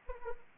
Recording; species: mosquito wingbeat signal from an infrared sensor; Anopheles arabiensis